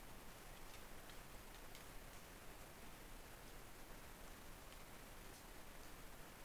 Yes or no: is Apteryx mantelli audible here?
no